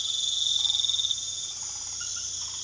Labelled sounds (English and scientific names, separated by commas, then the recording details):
none
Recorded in pastures near Puerto Asís, Putumayo, Colombia, on 21 March 2025 at 22:30
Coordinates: 0.487, -76.322
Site G077